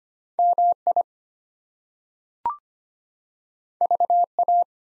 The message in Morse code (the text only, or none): MI VA